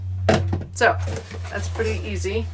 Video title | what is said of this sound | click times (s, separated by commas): Ninja Creami Breeze Review, Setup, How To Use Tutorial, and Unboxing. Butterscotch Vanilla Ice Cream | over and it's just going to slide right in there and then it's already locked into place and ready to go | 0.3 s